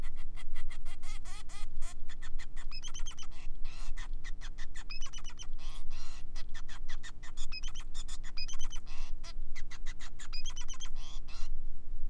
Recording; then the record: song of a male Bengalese finch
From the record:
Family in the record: son of father 5